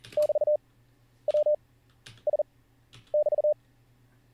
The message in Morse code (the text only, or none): <BT>WS<BT>